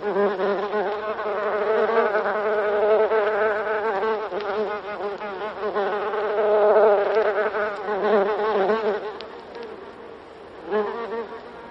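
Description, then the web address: Buff-tailed bumblebee buzz, a continuous droning hum that wobbles in pitch, loud at first and softening toward the end before a brief surge. "bombus terrestris"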